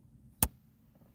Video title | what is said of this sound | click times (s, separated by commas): Each Day with Dean! Thursday!Livestream Ridealong! Replay | Did you hear I don't know if you can hear that click or not. It'll only go and it'll start click click click click click. | 0.4 s